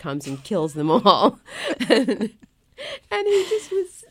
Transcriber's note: laughter